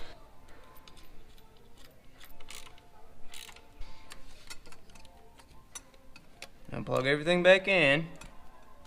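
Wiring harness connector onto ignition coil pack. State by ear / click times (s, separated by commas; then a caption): not seated / none. While reassembling a built twin-turbo 3000GT after new ignition coils go in, a plastic wiring harness connector is handled and pushed toward the ignition coil pack, making faint scattered ticks and small handling taps, with the sharpest knocks around 2.5, 4.1, 5.8 and 6.4 seconds. Near the end someone talks. Nothing has seated or clicked yet.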